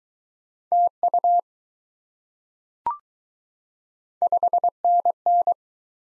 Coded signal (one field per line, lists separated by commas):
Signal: Morse code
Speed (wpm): 20 wpm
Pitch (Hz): 700 Hz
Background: none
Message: TU 5NN